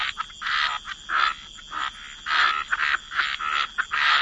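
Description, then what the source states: Frogs giving rasping croaks in uneven bursts, overlapping callers, with a faint constant high hum. Frog chorus.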